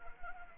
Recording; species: mosquito wingbeat signal from an infrared sensor; Anopheles arabiensis